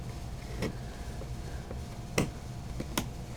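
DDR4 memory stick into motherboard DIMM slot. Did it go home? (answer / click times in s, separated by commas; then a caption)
yes / 2.2 s, 3.0 s. A DDR4 RAM stick is pushed down into a motherboard DIMM slot with a thumb on each end until its plastic retention clips snap shut, and it seats. Two sharp clicks are heard at 2.2 s and 3.0 s over a steady low background hum, after a softer tap at 0.6 s.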